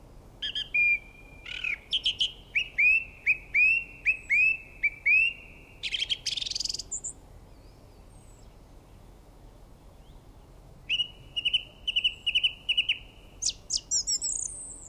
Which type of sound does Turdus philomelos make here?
song